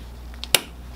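A shifter bushing is pressed onto the shifter plate assembly of a Miata with a BMW transmission swap. After two faint ticks near 0.3 and 0.4 seconds, a sharp, loud snap at 0.5 seconds marks the bushing clicking into place, and it is seated.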